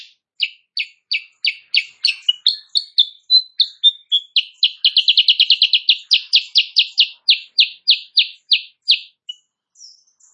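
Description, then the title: Sooty-headed bulbul song: steady, evenly spaced sharp notes that speed into a dense rattling burst, then slow again into regular chips. Morning singing in full vigorous form; used as a tutor song (masteran) for training songbirds, said to provoke rival birds into answering. "Masteran Kutilang Sutra. Kutilang Sutra GACOR pagi hari bikin lawannya AUTO NYAUT"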